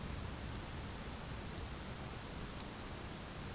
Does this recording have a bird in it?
no